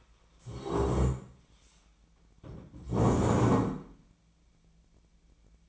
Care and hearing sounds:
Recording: daily activity, microphone in the room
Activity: stand up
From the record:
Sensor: 1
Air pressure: 1012.3 hPa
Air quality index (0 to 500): 172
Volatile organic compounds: 3 ppm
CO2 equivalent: 1414 ppm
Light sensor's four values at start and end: 48/128/53/64 and 48/128/53/64

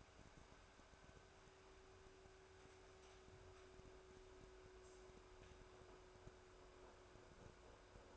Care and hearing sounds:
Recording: daily activity, microphone in the room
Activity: make coffee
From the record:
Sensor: 2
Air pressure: 1014.5 hPa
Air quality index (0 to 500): 191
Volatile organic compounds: 18 ppm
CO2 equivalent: 2621 ppm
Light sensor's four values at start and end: 4/10/3/4 and 4/10/3/4

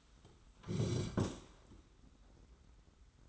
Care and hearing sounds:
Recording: daily activity, microphone in the room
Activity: sit down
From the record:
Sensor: 3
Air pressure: 991.6 hPa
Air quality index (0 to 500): 174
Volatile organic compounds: 1000 ppm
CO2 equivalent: 5796 ppm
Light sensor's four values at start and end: 36/101/41/35 and 35/99/40/35

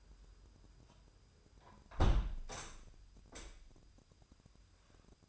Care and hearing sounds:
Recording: daily activity, microphone in the room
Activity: close window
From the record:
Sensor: 2

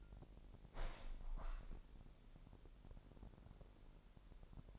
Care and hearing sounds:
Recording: daily activity, microphone in the room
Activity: open window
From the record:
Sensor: 5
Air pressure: 1000.4 hPa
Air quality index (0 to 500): 248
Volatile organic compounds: 35 ppm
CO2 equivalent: 3060 ppm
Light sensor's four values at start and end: 34/78/31/29 and 34/78/31/29

